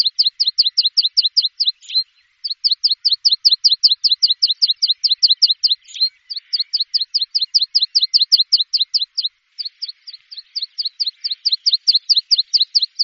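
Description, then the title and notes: Bird song, a long series of sharp rapid chirps repeated steadily in bursts of several seconds separated by short gaps, high-pitched and even. "Bird Sound. Kicau Burung Lengkap"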